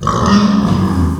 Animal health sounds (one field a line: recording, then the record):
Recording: squeal of a Yucatan mini pig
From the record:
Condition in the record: after surgery on the right vocal fold (resection and tissue-engineered implant)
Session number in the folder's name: 16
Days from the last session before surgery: 183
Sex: female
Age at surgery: 19 weeks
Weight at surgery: 25 kg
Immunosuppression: prednisolone